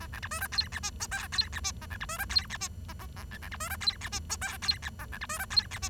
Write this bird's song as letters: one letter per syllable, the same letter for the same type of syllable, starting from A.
A B C D E F G H I J F G H A B C D E F G H A A A B B C D E F G H I J F G A B C D E F G H